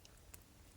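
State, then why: Seated. A swappable plastic part of an action figure is pushed into its socket after the plastic joint has been heated with a hair dryer. Two short ticks are heard at 0.1 s and 0.3 s, and the part snaps into the joint, seated.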